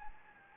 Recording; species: mosquito wingbeat signal from an infrared sensor; Anopheles gambiae